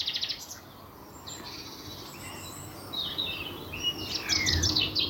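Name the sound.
chaffinch song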